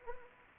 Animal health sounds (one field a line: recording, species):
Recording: mosquito wingbeat signal from an infrared sensor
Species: Anopheles arabiensis